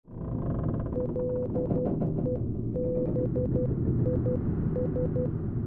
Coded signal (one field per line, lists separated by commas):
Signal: Morse code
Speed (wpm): 12 wpm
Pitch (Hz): 500 Hz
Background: none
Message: LEBIS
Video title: Inside the Handyman - Morse Code #shorts